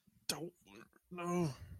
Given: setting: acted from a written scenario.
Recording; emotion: vocal sound without words; pain